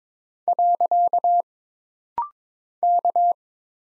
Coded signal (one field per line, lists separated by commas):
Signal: Morse code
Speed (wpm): 22 wpm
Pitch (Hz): 700 Hz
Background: none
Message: . K